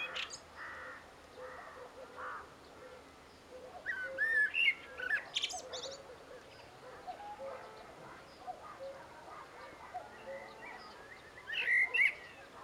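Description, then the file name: Eurasian blackbird singing two short bursts of warbled and squeaky high notes, with quieter mellow notes and faint birds in the background. "Turdus merula"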